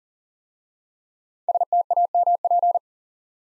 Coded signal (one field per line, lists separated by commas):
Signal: Morse code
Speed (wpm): 42 wpm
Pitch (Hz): 700 Hz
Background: none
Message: STAMP